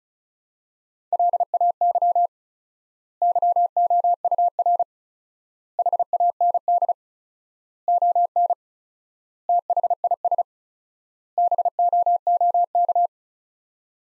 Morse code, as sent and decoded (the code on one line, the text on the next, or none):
.-.. .- -.-- / -.-- --- ..- .-. / .... .- -. -.. / --- -. / - .... .. ... / -... --- --- -.-
LAY YOUR HAND ON THIS BOOK